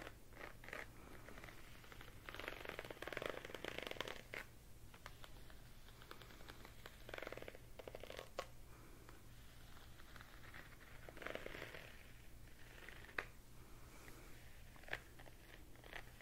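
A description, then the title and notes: Layered rustling and rubbing sounds from hand movements, coming in uneven bursts with thicker patches around 2–4, 7, and 11–12 seconds. Sharp little clicks and ticks break through now and then, notably near 8, 13 and 15 seconds. A steady low hum runs underneath throughout. ASMR Pulling Your Stress Away (layered sounds & hand movements).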